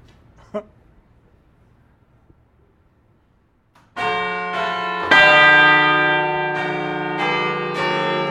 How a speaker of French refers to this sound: C'est exceptionnel. Nous venons d'entendre 6 cloches. Quand elles se sont arrêtées, à aucun moment vous avez entendu ces effets vibratoires déplaisants quand elles ne sont pas accordées et ça vous donne mon. Ça, nous ne l'avons pas entendu.